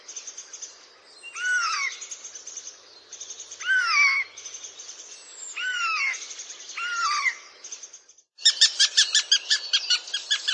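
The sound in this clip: Eurasian jay making varied calls: harsh rasps mixed with arched, whistled notes, then a burst of fast, clicking chatter at the end.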